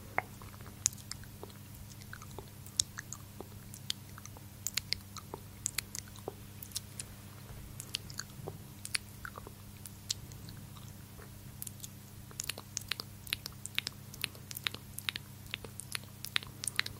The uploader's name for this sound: Tingly Mouth Sounds